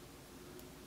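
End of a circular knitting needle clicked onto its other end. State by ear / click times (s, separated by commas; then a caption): not seated / none. The end of a plastic and metal Prym circular knitting needle is handled against its other end, to join them so the work cannot slip off. Faint rustling handling sounds play over a steady low hum, with one brief, slightly louder tick near 0.6 seconds. Nothing has clicked or seated yet by the end of the clip.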